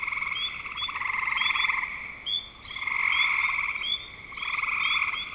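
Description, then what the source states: Several frogs trilling together, rattling pulsed calls rising and fading in waves, with scattered sharp rising chirps above. Spring 2025.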